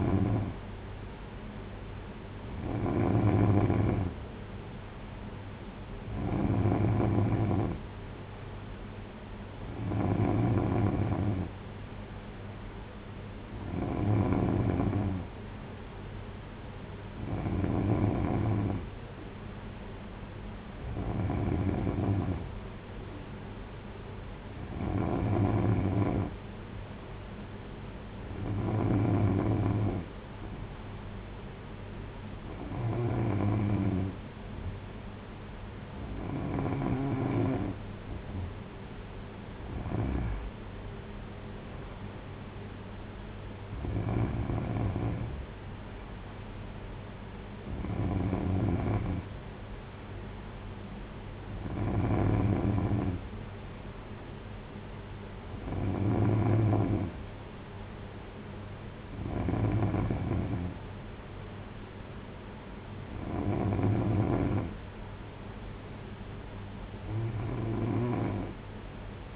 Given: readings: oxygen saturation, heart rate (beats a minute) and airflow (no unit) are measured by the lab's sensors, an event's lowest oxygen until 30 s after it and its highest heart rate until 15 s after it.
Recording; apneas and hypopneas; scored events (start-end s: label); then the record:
breathing in sleep by a voice recorder at the bedside; none
none scored
From the record:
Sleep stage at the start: N3 (deep sleep); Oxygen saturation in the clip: 93 to 94%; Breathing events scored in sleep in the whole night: 226 in 8.8 hours asleep